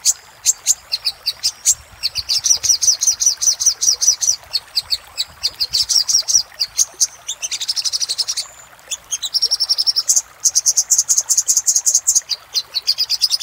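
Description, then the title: Little spiderhunter delivering long fast trills of high piercing notes, runs broken by short gaps, plus scattered clicks between phrases. Master recording used for training cage birds. "Masteran Burung Sogok Ontong Labaik"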